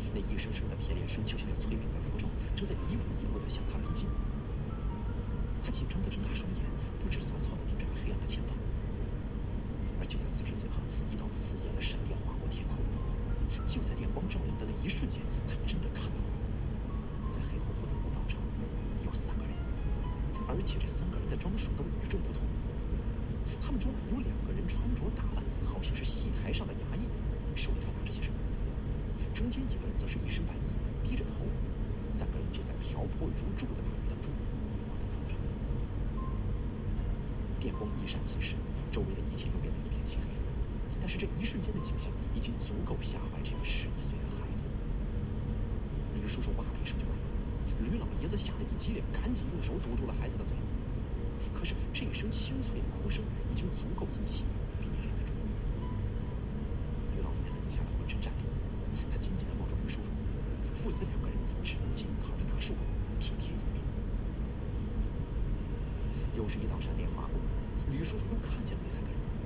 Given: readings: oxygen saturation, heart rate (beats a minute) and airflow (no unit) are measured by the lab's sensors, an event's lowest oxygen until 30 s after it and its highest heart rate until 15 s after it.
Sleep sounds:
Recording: a person awake in a sleep study, by a smartphone at the bedside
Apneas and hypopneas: none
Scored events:
0.00-69.46 s: awake
From the record:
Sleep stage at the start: awake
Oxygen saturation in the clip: 94 to 95%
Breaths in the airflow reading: 24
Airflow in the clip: -1.8 to 3.1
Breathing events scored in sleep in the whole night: 335 in 6.7 hours asleep

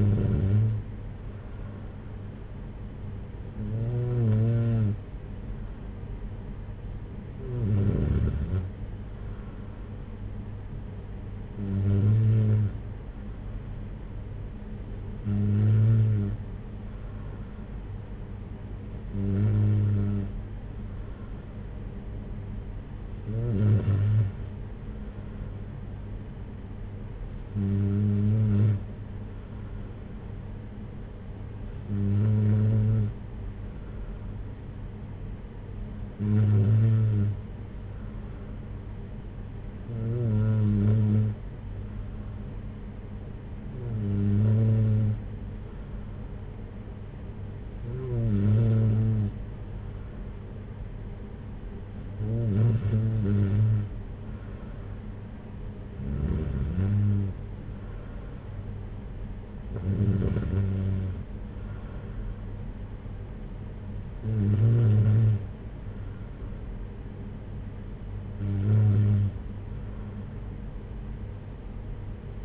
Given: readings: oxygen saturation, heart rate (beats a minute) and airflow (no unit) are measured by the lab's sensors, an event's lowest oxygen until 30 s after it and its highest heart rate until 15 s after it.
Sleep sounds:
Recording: breathing in sleep by a smartphone at the bedside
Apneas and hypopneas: none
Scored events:
none scored
From the record:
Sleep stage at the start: N3 (deep sleep)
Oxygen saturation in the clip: 94 to 95%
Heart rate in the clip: 55 to 64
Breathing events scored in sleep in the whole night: 226 in 8.8 hours asleep

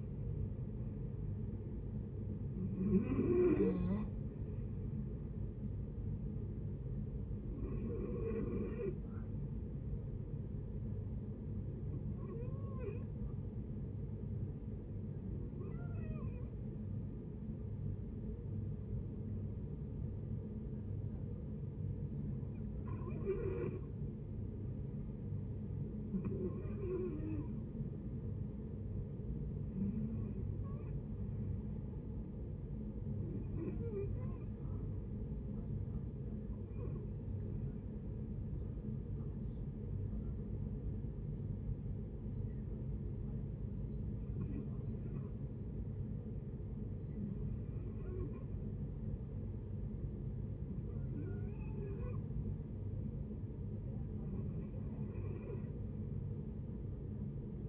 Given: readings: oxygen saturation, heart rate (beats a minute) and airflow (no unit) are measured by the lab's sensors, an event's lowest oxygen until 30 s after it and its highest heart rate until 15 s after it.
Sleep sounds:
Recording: breathing in sleep by a smartphone at the bedside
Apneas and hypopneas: 2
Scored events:
12.00-26.00 s: hypopnea (REM, oxygen 95% highest, then 76% lowest, heart rate 76 at the start, 77 highest)
35.00-52.30 s: hypopnea (REM, oxygen 83% highest, then 75% lowest, heart rate 66 at the start, 81 highest)
47.00-57.68 s: new sleep stage, N1 (lightest sleep)
From the record:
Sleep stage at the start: REM sleep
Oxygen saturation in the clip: 76 to 95%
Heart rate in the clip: 60 to 78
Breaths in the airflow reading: 14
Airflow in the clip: -7.4 to 7.3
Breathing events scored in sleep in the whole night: 496 in 5.4 hours asleep

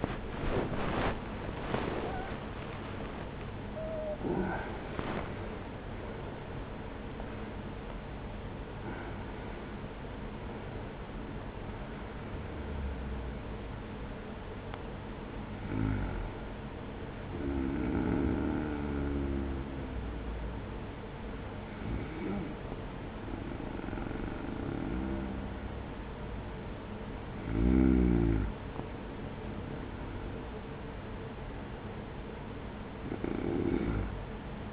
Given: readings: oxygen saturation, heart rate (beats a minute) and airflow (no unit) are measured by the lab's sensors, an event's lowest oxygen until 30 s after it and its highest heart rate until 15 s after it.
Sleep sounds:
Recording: breathing in sleep by a voice recorder at the bedside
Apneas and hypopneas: none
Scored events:
10.00-34.73 s: new sleep stage, N1 (lightest sleep)
From the record:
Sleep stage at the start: N2 (light sleep)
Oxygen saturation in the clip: 81 to 97%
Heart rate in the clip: 45 to 84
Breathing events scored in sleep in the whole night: 210 in 6.9 hours asleep

